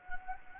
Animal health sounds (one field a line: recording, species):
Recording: mosquito wingbeat signal from an infrared sensor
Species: Anopheles gambiae